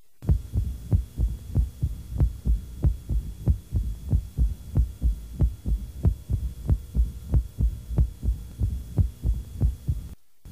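Regular heart sounds at about 94 beats a minute, each beat with a crisp click closely following the second sound. This is a mitral opening snap with a short A2 to opening snap interval, almost approximating a widely split second heart sound, in an adult with severe rheumatic mitral stenosis. The interval shortens as stenosis becomes more severe.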